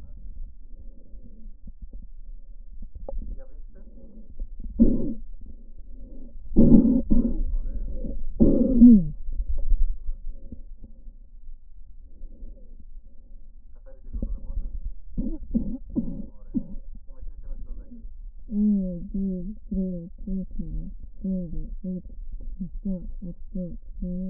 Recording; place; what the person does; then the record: lung sounds by stethoscope; left posterior apical chest; quiet breathing, then cough and speech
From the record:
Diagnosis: asthma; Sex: female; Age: 56 years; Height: 161 cm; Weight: 85 kg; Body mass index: 32.8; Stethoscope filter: diaphragm mode